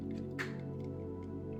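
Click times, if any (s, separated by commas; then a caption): none. A plastic belt or buckle piece from a Star Wars Death Trooper scale model kit is handled and pressed toward the figure's waist while steady music plays throughout. A brief, brighter rustle of handling rises around 0.4 s. Nothing has seated or clicked yet.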